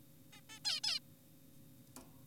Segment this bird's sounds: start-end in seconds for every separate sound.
0.33-0.41, 0.49-0.59, 0.65-0.80, 0.84-0.99